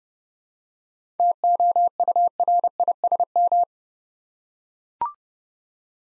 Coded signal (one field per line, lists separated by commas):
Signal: Morse code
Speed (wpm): 29 wpm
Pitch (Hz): 700 Hz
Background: none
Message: TOURISM